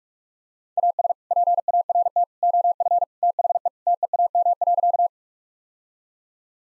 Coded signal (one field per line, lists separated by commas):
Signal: Morse code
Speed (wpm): 46 wpm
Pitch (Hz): 700 Hz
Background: none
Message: AS PART OF THE TEAM.